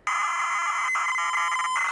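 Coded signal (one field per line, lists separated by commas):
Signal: ZX Spectrum tape loading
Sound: harsh, rapidly warbling buzz of tape data with a brief dropout midway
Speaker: the left channel because i know that i've had not many problems with them um of going from the left and then go to play so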